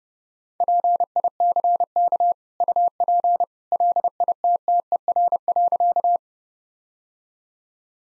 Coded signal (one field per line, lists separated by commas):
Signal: Morse code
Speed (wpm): 30 wpm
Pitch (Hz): 700 Hz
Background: none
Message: PICK UP LITTER.